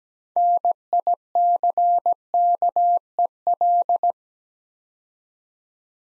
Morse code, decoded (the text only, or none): NICKEL